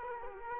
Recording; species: mosquito wingbeat signal from an infrared sensor; Culex quinquefasciatus